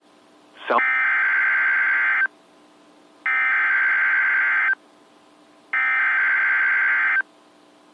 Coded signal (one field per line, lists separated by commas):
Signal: Emergency Alert System (SAME) tones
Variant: header bursts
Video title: EAS #1022-1029 (8/11/21)